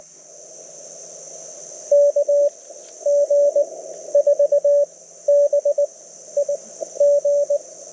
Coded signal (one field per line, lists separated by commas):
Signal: Morse code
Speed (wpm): 21 wpm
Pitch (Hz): 590 Hz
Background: none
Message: KG4BIG